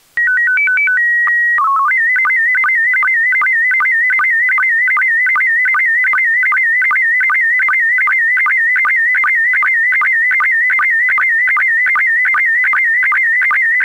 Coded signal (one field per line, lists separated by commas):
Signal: SSTV (slow-scan television)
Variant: PD 50